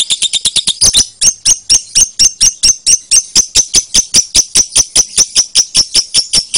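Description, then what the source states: Lovebird chirping in a quick flurry at first, then settling into steady, evenly spaced shrill chirps. Lovebird called Putri Mentaya.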